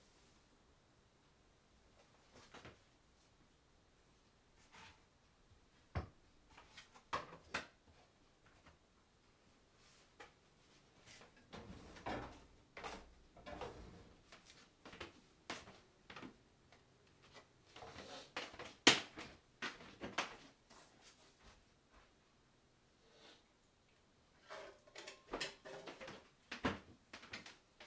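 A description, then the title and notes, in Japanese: Cooking tomato sauce pasta: scattered clicks, knocks and clatters of utensils and cookware, sparse at first, then busier and denser after ten seconds. 環境音 トマトソースパスタの一部始終。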